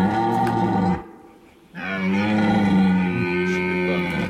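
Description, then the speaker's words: Red deer bellowing: two deep, harmonic-rich roars separated by a short pause, the second longer and sustained. Rutting bellow of a wild deer recorded at night under a full moon with microphones hidden in forest undergrowth. "Ça, c'est le brame du cerf, non ?"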